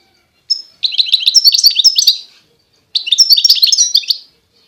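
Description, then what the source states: European goldfinch giving two rapid phrases of tinkling, slurred chirps. Wild bird.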